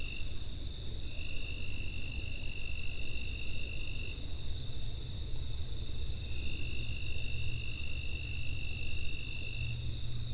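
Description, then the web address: Insects: steady high-pitched buzzing throughout, with a lower whine in two long stretches and a soft pulsing higher band, over a low hum. "Soundfx IV General Insects"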